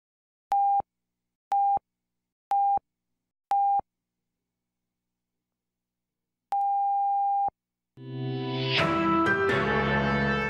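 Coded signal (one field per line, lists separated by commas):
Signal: radio time signal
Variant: NRC Canada (CBC)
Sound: four short beeps one second apart, a silent gap, one long tone, then music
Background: music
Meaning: The start of the long dash marks exactly the top of the hour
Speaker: National Research Council official time signal the beginning of the long - indicates exactly one o'clock Eastern Daylight Saving Time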